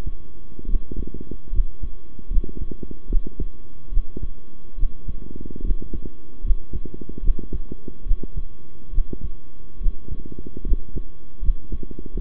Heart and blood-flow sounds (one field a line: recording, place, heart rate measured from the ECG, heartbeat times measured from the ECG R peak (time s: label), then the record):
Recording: heart sounds by stethoscope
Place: between the tricuspid and mitral areas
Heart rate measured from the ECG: 73 bpm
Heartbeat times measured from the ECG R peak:
0.67 s: heartbeat
1.52 s: heartbeat
2.30 s: heartbeat
3.09 s: heartbeat
3.91 s: heartbeat
4.77 s: heartbeat
5.63 s: heartbeat
6.43 s: heartbeat
7.22 s: heartbeat
8.05 s: heartbeat
8.92 s: heartbeat
9.80 s: heartbeat
10.65 s: heartbeat
11.41 s: heartbeat
12.14 s: heartbeat
From the record:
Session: rest, sitting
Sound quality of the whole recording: good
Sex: male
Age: 23 years